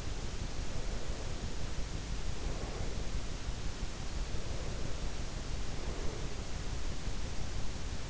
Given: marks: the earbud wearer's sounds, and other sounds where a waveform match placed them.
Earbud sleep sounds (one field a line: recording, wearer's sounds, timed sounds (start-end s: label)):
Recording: sounds in sleep by an in-ear microphone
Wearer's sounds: breath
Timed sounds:
0.63-3.16 s: breath
4.28-6.51 s: breath